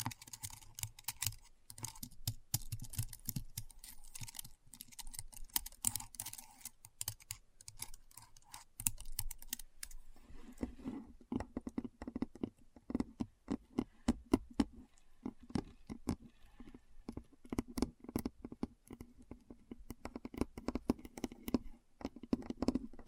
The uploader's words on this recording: ASMR Keyboard Sounds (No Talking).